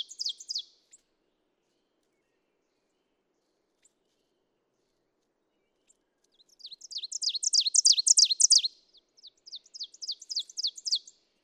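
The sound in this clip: Ovenbird: brief end of a phrase series, several seconds of quiet, then a strong crescendo of sharp repeated notes and a quieter follow-on run.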